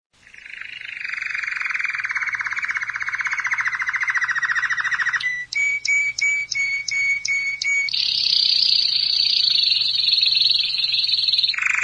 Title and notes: Canario Belga, nyonyastudio